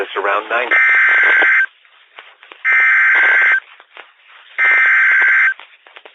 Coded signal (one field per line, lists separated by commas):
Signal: Emergency Alert System (SAME) tones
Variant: header bursts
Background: speech